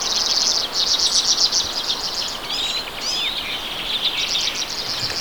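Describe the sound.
Redpoll calling continuously: rapid, high buzzy trills with a few sharp downslurred notes midway.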